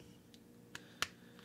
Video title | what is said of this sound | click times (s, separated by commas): Spider Man: Homecoming Marvel Legends 6" Vulture Figure Review | and it again just snaps into place and then you just fold the wings so they come together | 1.0 s